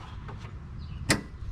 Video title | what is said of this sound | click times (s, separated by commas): 1998 Mustang Cobra Has PROBLEMS!!! NOT GOOD | Same goes for the left. And just wait for the click. | 1.1 s